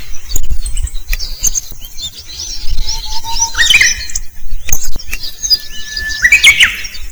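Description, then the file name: Japanese bush warbler song: a thin, drawn-out whistle that breaks into a quick bright flourish, given twice, over heavy low rumbling wind or handling noise. At a temple. "前山寺のウグイス"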